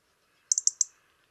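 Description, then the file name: European robin uttering a quick run of four hard, high-pitched ticks in an otherwise quiet setting. "Erithacus rubecula"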